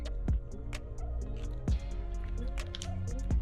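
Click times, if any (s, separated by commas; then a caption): none. The wedge insert of a second-brand super clamp is being slid into the storage slot on the back of the clamp body by the thumb screw, with music playing throughout and a few short, sharp ticks and taps around 0.8, 1.7 and 2.6–2.8 seconds. The insert has not seated or clicked into place yet.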